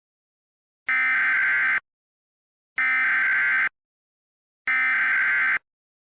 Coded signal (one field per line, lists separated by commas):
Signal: Emergency Alert System (SAME) tones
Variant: header bursts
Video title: EAS Mock: Immediate Evacuation for New Mexico